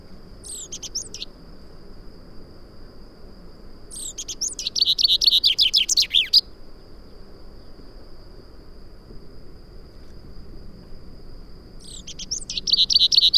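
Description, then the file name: Common chaffinch song: a brief phrase, then a longer full phrase, and a final phrase starting late, with a continuous faint high tone throughout. "Fringilla coelebs"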